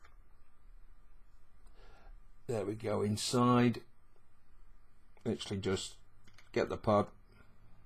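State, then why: Not seated. A refilled plastic pod is handled at a Teslacigs TPod vape's zinc alloy body, ready to be pushed back in, while someone talks over a quiet background. Nothing has seated or clicked into place yet.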